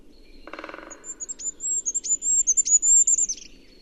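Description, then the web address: Bird calls: a short harsh buzzy note, then a stream of thin, very high twittering notes with quick downward flicks. A low background hum runs throughout. "Bird Only"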